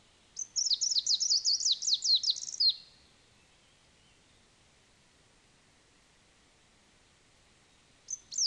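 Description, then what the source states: Greenish warbler (viridanus): greenish warbler song, a fast jumbled burst of very high, sharp sweeping notes lasting over two seconds, followed by quiet and the start of another phrase. Subspecies viridanus; songs.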